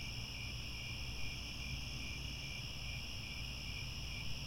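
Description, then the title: Crickets trilling together in an unbroken high-pitched drone of stacked bands, a low rumbling hum running underneath throughout. Cricket chorus recorded at twilight, as the sun sets. "Crickets Chirping at Twilight"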